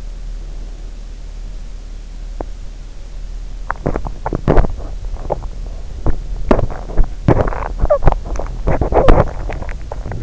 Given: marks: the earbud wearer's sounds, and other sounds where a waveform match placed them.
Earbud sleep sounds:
sounds in sleep by an in-ear microphone; breath, teeth grinding, talking in sleep
0.19-1.06 s: breath
2.28-2.56 s: teeth grinding
3.71-10.23 s: teeth grinding
7.74-8.17 s: talking in sleep

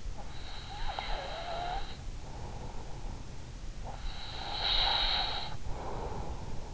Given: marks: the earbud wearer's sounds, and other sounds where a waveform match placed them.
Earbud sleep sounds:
sounds in sleep by an in-ear microphone; breath
0.59-3.29 s: breath
4.00-6.74 s: breath

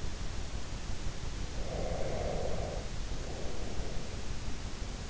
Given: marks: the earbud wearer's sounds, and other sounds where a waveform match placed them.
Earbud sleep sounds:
sounds in sleep by an in-ear microphone; breath
1.54-4.20 s: breath

